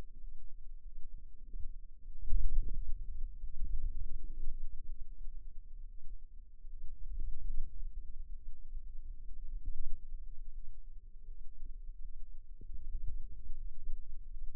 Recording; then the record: forearm muscle sounds (acoustic myography)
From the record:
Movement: radial deviation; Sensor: system 2, bracelet of six BSWA MPA416 microphones around the upper forearm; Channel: 6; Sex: female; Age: 23 years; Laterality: right